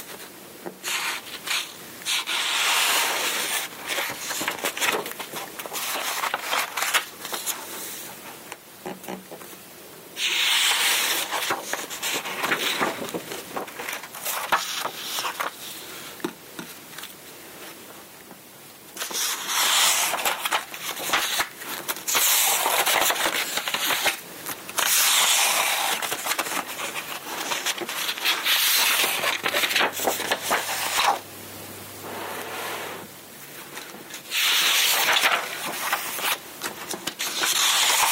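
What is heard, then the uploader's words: Dry scratching and rustling of paper and pencil fills most of the recording, bright and dense, in long stretches broken by short pauses near 10, 19, 25 and 30 seconds. A faint low hum sits underneath briefly around the half-minute mark. Paper & Writing ASMR: Let the Soothing Sound of Writing Relax You. Listen to pages turning, papers shuffling, and writing with a pencil. Soothing ASMR sounds of paper and writing.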